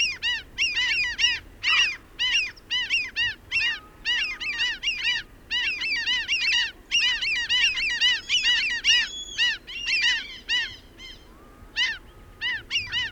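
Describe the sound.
Birds calling in a dense flock, harsh arched honking notes tumbling over one another almost continuously, with a few thin drawn-out whistles in the background.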